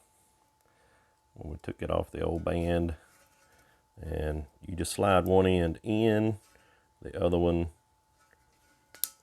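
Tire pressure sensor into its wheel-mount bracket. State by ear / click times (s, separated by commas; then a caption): seated / 9.0 s. A tire pressure (TPMS) sensor is slid one side at a time into its plastic retainer bracket on the wheel mount while someone talks. After the talking stops, a sharp, bright snap is heard at 9.0 s as the sensor clicks into place and is firmly attached to the bracket.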